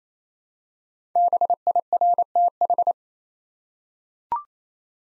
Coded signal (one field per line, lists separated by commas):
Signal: Morse code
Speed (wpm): 27 wpm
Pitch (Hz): 700 Hz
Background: none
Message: BIRTH